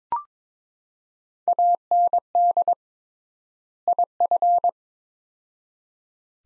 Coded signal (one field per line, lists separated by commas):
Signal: Morse code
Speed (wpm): 22 wpm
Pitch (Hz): 700 Hz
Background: none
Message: AND IF